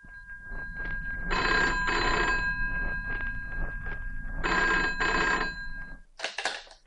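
An old telephone bell rings in two long bursts separated by a pause, a bright metallic trill over a low steady hum, followed by a brief rattling clatter as the receiver is lifted.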